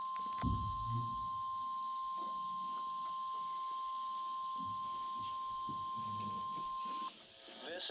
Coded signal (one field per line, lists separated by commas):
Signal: Emergency Alert System (SAME) tones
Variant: 1050 Hz attention tone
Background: speech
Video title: NOAA Weather Radio Required Weekly Test - 1/14/26 - EAS #29